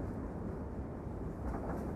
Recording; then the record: background sound without coughing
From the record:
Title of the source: Train Ride Ambience ambient white noise for sleeping, focus, studying, reading